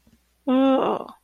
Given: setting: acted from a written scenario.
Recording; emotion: vocal sound without words; guilt